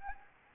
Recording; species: mosquito wingbeat signal from an infrared sensor; Anopheles gambiae